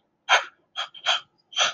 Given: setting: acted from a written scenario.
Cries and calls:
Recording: vocal sound without words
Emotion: pain

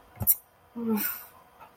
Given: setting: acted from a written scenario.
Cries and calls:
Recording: vocal sound without words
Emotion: shame

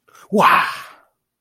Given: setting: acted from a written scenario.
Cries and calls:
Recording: vocal sound without words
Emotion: positive surprise

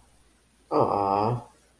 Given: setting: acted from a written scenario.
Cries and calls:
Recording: vocal sound without words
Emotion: adoration

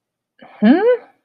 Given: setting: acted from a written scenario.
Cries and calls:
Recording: vocal sound without words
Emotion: confusion

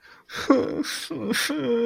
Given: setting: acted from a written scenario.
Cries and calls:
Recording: vocal sound without words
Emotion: sadness

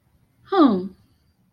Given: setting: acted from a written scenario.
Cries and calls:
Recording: vocal sound without words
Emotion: neutral

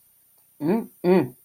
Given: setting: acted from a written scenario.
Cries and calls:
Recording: vocal sound without words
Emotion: desire

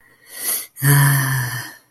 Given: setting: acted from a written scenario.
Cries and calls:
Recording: vocal sound without words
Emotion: ecstasy

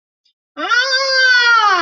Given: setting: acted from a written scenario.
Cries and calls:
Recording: vocal sound without words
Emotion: distress

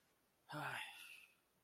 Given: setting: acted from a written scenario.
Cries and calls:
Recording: vocal sound without words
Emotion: distress

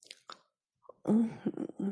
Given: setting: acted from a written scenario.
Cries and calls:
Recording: vocal sound without words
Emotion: desire

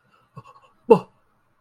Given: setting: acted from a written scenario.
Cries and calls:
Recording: vocal sound without words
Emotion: negative surprise

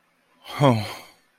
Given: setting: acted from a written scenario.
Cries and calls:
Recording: vocal sound without words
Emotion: romantic love

